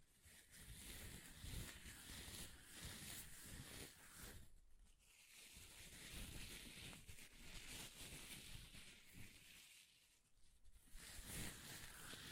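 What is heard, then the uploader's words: Paper is torn in long, crackling rips with dense rustling texture, pausing briefly near five and ten seconds before tearing resumes. ASMR Paper Ripping Tearing Sounds (No Talking).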